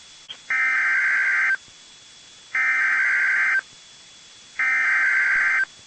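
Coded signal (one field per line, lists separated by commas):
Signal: Emergency Alert System (SAME) tones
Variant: header bursts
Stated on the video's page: Severe thunderstorm outbreak alerts from NOAA Weather Radio stations in Fort Worth, Dallas, Waco, Tyler and Tomball, Texas.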